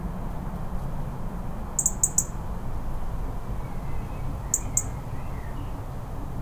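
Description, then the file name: European robin giving sharp, high tick calls, a quick triplet then a pair a few seconds later, over a steady low rumble. "Erithacus rubecula - European Robin"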